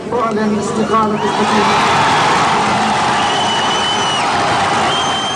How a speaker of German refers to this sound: Für Minuten gleicht das Zentrum von Beirut einem Tollhaus in den Landesfarben Weiß und Rot. Jubelnde Menschen fallen sich um den Hals, tanzen über den Platz.